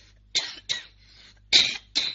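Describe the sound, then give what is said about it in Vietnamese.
Four harsh, breathy coughs from a speaker with a cold, brought on by talking, come in two quick pairs, each a short bright burst separated by brief pauses, with no talking over them. “Cho nên bị cảm ho này đó, không nói thì nó không ho, nhưng mà mình mở miệng ra nói đó, cái gió nó vào là làm cho mình ho rất là khó chịu.”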